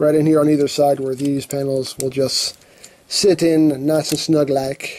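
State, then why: Not seated. Someone talks while handling a plastic panel of a transforming robot figure, lining it up with the grooves on either side of its upper body. Brief rustling and faint handling noises sit between the words during a quiet pause. Nothing has seated or clicked yet; the panel is not home by the end of the clip.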